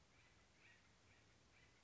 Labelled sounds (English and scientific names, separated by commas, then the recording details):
Acorn Woodpecker (Melanerpes formicivorus)
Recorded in Sonoma County, California